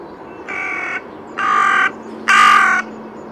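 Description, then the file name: Carrion crow giving three harsh, raspy caws, each about half a second long, growing louder, over a steady low hum. "Corvus corone"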